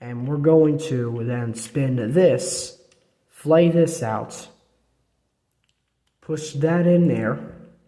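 A plastic leg panel is handled on a Transformers Studio Series 69-60 Scrapper action figure, spun out and pushed toward its place in the figure's leg assembly during transformation. Someone talks while it is moved, and only faint small sounds are heard near 5.5 s and 6.1 s. The part has not seated or clicked into place yet.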